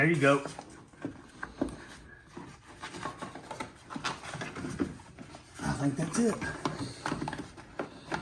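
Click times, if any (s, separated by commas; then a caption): none. Someone talks while pushing the tail light housing into the body of a 2015 GMC Yukon Denali SUV during a tail light upgrade, with short taps and handling knocks throughout. The top clip has not clicked or seated yet, so the housing is still not fully engaged.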